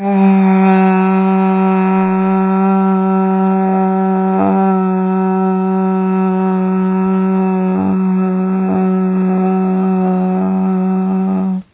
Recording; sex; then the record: sustained vowel /a/; female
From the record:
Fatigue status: no fatigue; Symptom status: asymptomatic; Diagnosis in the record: COVID-19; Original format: 3gp